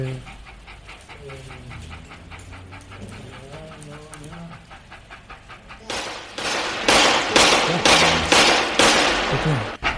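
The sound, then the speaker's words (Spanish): Faint rhythmic ticking and murmuring sounds give way to a loud, rapid volley of about nine sharp gunshots from a Winchester rifle, fired at a steady pace with short echoing tails. “Hostia, son tiros. ¿Pero qué ha sido eso? El Winchester.”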